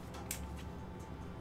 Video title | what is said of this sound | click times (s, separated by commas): BUDGET Camera TRIPOD with 3-Way Swivel Head ✅✅✅ | so one unlocks like so | 0.3 s